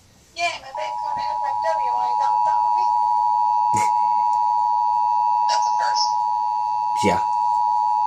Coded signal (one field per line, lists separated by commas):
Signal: Emergency Alert System (SAME) tones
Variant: 853 and 960 Hz attention tone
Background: speech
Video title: Flash Flood Warning on 99.1 FM (EAS #362)